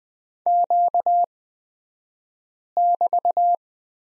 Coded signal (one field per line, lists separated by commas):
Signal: Morse code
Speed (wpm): 20 wpm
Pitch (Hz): 700 Hz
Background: none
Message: Q<BT>